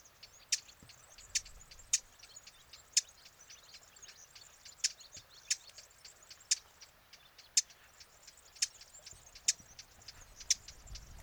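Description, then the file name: Eurasian blackcap uttering hard, clicking tack notes in a series roughly every second, with one longer gap, quieter ticks scattered between and soft background noise. "Sylvia atricapilla"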